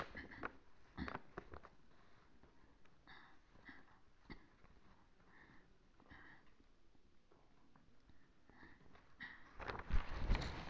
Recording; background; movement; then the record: throat clearing; quiet; sitting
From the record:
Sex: female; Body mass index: 25.5 kg/m2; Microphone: on the chest, facing outward